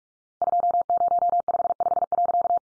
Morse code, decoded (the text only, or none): 2055.